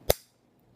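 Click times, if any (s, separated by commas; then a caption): 0.1 s. A magazine is pushed with a light thumb push into the magazine well of a Browning-style high power pistol, giving one sharp click of the magazine catch at 0.1 s that quickly fades. Only faint quiet ticks follow, and the magazine is seated home.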